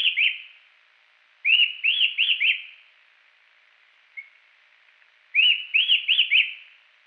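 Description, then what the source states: Rufous-tailed attila whistled song: the tail of one phrase, then two full four-note phrases about four seconds apart, with one faint short note between. Song; Salerno, 23 October 2001.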